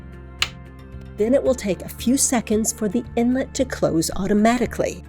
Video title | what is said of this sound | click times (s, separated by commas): 9 ABL90 FLEX PLUS Replacing the solution pack (tv_en) | and push in you're going to hear a click | 0.4 s